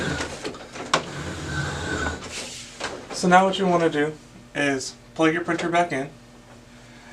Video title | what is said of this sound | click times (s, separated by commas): HP LaserJet P4015 - Onyx Imaging - OKC Printer Repair - How To Replace Fuser | you feel it kind of click into place and close back up so | 0.9 s